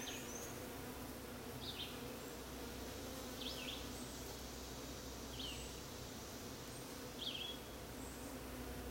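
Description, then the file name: Bees making a constant low buzz, with short high chirps every couple of seconds over it. Bees in a crepe myrtle, 30 June 2022, 9:45 am. "Bees worshiping Christ in Crepe Myrtle 6-30-22 9 45 am"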